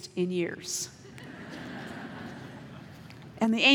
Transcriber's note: laughter